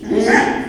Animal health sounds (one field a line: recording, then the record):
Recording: squeal of a Yucatan mini pig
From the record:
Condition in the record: after surgery on the right vocal fold (resection and tissue-engineered implant)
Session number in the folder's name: 4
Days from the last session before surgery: 42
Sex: male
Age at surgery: 12 weeks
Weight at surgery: 13 kg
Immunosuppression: cyclosporine, prednisolone